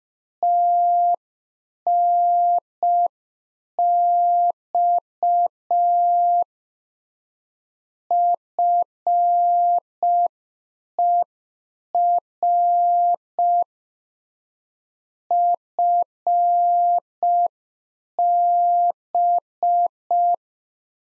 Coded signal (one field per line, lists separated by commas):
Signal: Morse code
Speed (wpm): 5 wpm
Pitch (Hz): 700 Hz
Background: none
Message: TNX FER FB